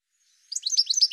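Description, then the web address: Bird call: a quick series of high, sharp chirps running together into a short twittering burst after a brief faint whistle. "cianscape birddata Deverinetal 2025 File cleaned normalized Bird"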